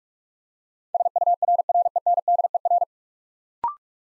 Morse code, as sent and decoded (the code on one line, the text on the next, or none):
... ..- .-. .-. . -. -.. . .-.
SURRENDER